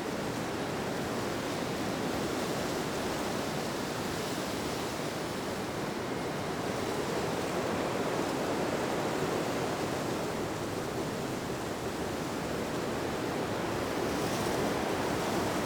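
Wind blows steadily on an autumn day, a dense, unbroken rush centered in the low and middle range, with a soft hiss above. The level barely shifts over the whole stretch, with no gusts or separate events standing out.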